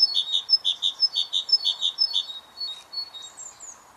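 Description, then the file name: Great tit song: a rapid run of paired high notes, repeated about twice a second several times, then a few thin, scattered higher notes. "Parus major"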